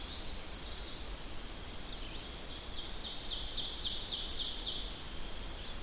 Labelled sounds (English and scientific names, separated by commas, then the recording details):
Ovenbird (Seiurus aurocapilla) song
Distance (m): 75 m
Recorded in boreal forest in Alberta, Canada, on 10 June 2016 at 08:57
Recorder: SongMeter 3, array SBT-3-39
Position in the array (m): 212 m, 176 m
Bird 17